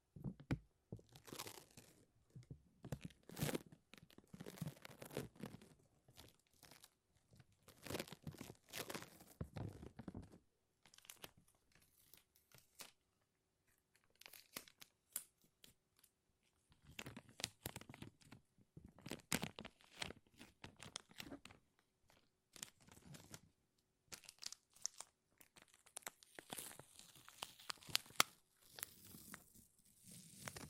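Sticky tape and a lint roller being pulled and peeled, making bursts of crackling, tearing noise. The ripping comes in dense clusters of quick rasps, with short quiet pauses between them, around 11 and 16 seconds. The sounds are bright and full, with faint rustling between bursts.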